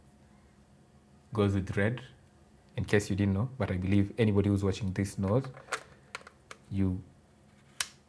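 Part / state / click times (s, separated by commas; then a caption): lens into camera body mount / seated / 7.8 s. A manual lens is lined up red mark to red mark on a camera's RF mount and twisted into the mount while someone talks. A few small clicks and taps come around 6.1–6.5 s. A single sharp click at 7.8 s marks the bayonet seating as the mount lock engages.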